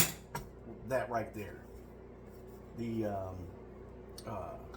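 A lid is handled onto a steel camping cook pot that has a locking lid, and short metallic clicks and clatter are heard while someone talks. The clip ends before the lid locks in place, so nothing has seated or clicked yet.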